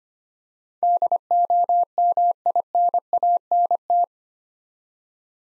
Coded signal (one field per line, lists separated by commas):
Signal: Morse code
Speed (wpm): 25 wpm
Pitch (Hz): 700 Hz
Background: none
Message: DOMINANT